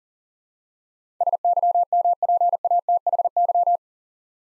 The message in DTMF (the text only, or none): none